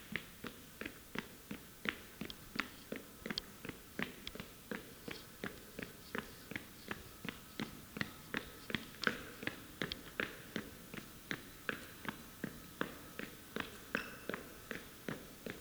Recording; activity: daily activity, guitar pickup as the sensor; run